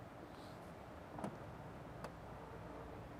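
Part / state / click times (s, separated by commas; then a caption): trunk lid into its body latch / seated / 2.0 s. A 2017 Rolls-Royce Wraith's power trunk lid is lowered by its mechanism into its body latch over a steady low background hum. A duller knock at 1.2 s is followed by a short, sharp latch click at 2.0 s as the latch pulls the lid closed and locks it shut.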